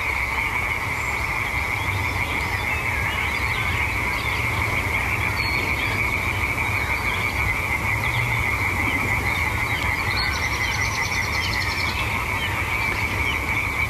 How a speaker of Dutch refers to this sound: was van de week in het Drents-Friese Wold... en hoorde op het Wapserveld een grandioos avondconcert van Boomkikkers... Koekoek, Veldkrekel en andere Drents-Friese orkestleden.